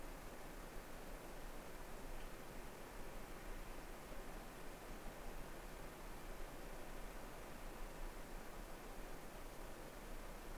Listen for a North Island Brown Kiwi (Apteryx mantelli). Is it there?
no